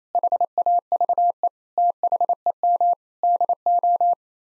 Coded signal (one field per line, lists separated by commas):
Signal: Morse code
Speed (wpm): 28 wpm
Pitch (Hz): 700 Hz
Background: none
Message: HAVE THEM DO